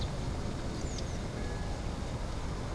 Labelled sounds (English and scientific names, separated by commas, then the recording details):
Eurasian Blue Tit (Cyanistes caeruleus)
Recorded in Germany
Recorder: ecoPi